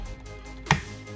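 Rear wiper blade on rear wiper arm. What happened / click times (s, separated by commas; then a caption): The wiper blade clicked free of its arm / 0.7 s. On a Mustang Mach E, a thumb presses the rear wiper's retaining tab while the plastic blade is pulled along the rear wiper arm. A single sharp click at 0.7 s over a quiet, steady background marks the blade mount releasing from the arm, leaving it free and ready to pull off.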